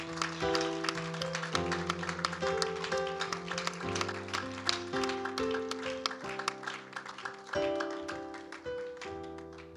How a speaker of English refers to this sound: Would you clap your hands to the Lord in this place? He is so good.